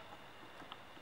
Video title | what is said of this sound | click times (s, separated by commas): Amtryke 1416, 1420, 1420xl with Rear Steer - Part 4 | and it clicked into place. | 0.7 s